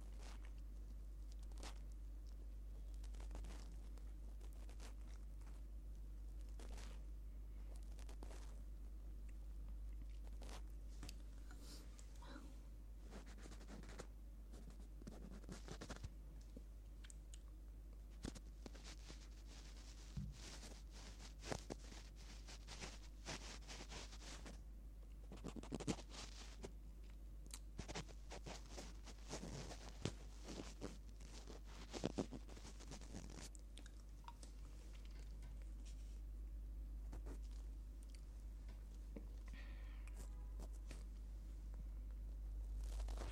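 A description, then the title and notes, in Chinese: Ear picking: dry scratching and crackling bursts come in irregular clusters, busiest midway, over a steady low hum that runs throughout. 掏完耳朵。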